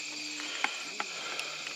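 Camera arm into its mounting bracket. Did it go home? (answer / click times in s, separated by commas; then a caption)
yes / 0.6 s. A hunting camera arm is pushed into its mounting bracket on a tree stand setup and snaps into place with a sharp click at 0.6 s, followed by fainter taps near 1.0, 1.4 and 1.7 s. A steady high, cricket-like hiss runs underneath throughout. The arm is seated in its mount.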